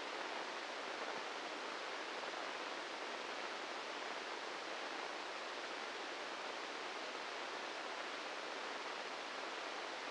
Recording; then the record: brain microelectrode recording played as sound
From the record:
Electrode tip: inside the subthalamic nucleus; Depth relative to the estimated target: -3 mm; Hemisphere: right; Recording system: NeuroSet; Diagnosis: Parkinson's disease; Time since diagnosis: 13 years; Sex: male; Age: 66 years